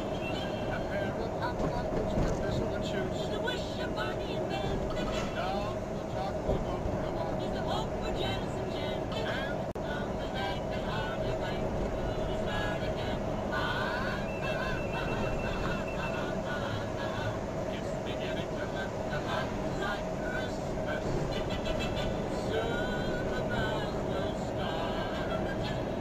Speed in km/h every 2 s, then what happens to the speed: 53, 53, 53, 53, 51, 51, 50, 50, 50, 49, 48, 50, 51.
0-26 steady at about 51.